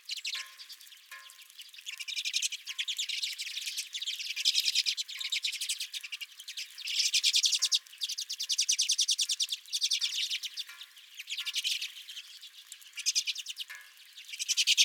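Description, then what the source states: Redpolls chattering in fast buzzy bursts, several birds calling together almost continuously with brief lulls. Redpolls at the recordist's own feeder.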